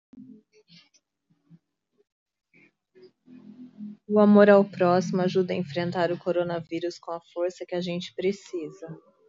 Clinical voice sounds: spoken sentence; Brazilian Portuguese; female; 40 to 49 years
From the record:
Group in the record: control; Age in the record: 44 years

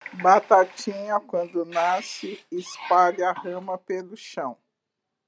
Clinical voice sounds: short text; Brazilian Portuguese; female; 60 to 69 years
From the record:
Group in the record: control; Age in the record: 62 years

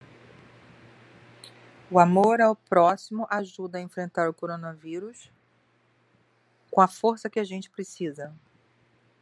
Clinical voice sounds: spoken sentence; Brazilian Portuguese; female; 50 to 59 years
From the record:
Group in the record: control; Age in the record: 52 years

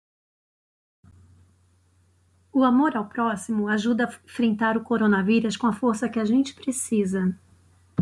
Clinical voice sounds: spoken sentence; Brazilian Portuguese; female; 40 to 49 years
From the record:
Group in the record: control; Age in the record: 46 years

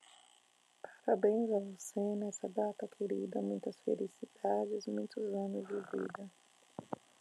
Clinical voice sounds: short text; Brazilian Portuguese; female; 40 to 49 years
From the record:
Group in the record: control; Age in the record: 45 years

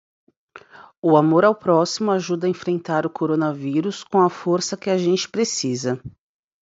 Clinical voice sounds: spoken sentence; Brazilian Portuguese; female; 40 to 49 years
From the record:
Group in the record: control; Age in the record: 42 years

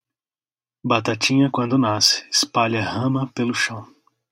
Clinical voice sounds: short text; Brazilian Portuguese; male; 30 to 39 years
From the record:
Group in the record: control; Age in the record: 35 years

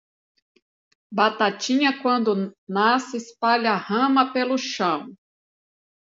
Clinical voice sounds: short text; Brazilian Portuguese; female; 40 to 49 years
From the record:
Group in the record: control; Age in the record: 48 years

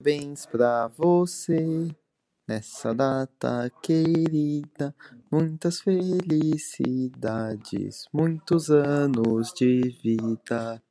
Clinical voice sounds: short text; Brazilian Portuguese; male; 18 to 19 years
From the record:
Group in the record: control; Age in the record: 19 years

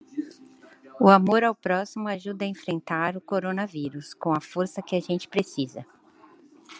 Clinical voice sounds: spoken sentence; Brazilian Portuguese; female; 40 to 49 years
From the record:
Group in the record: control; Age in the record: 48 years

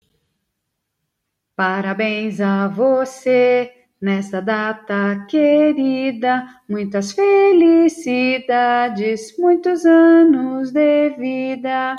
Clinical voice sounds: short text; Brazilian Portuguese; female; 40 to 49 years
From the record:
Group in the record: control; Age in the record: 42 years

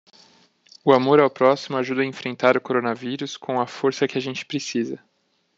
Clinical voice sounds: spoken sentence; Brazilian Portuguese; male; 30 to 39 years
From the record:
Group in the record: control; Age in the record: 33 years

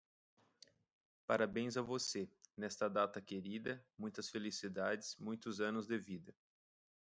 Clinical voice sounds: short text; Brazilian Portuguese; male; 30 to 39 years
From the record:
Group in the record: control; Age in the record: 33 years

